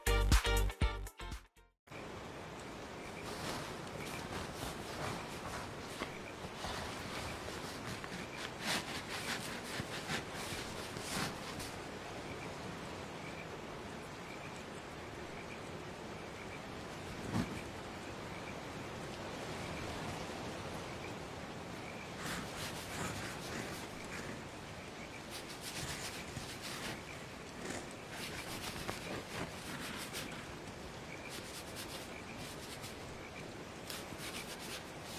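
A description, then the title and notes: Steady, dense rain hiss fills the scene with faint insect and frog chirps, after a brief louder burst and near-silent dropout at the start. The calm sound of rain The sound of grass insects and frogs.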